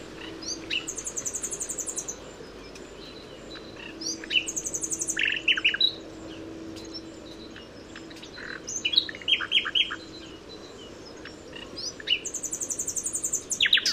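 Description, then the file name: Common nightingale song in several bursts of sharp, fast repeated notes and high trills, spread throughout with quieter gaps of background noise between phrases. "Luscinia megarhynchos"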